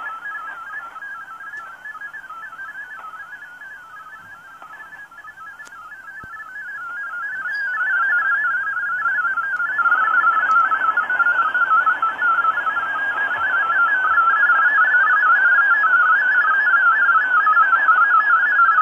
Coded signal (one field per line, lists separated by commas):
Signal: multi-tone FSK (Olivia or MFSK type)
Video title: 5850 kHz WRMI Broadcasting Digital Modes - Sony ICF-SW7600GR